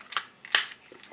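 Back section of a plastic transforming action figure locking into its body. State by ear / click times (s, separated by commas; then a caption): seated / 0.5 s. The back section of a plastic transforming dinosaur action figure is pushed into its body and locks into place with a sharp click at 0.6 s. A smaller snap comes just before it, and there are faint plastic taps before and after.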